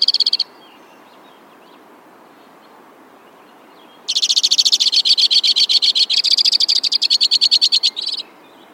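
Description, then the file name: White-winged crossbill song: a brief trill, a long pause, then an extended series of fast rattling trills moving between pitch levels. "suara kicauan burung white-winged crossbill. omkicau"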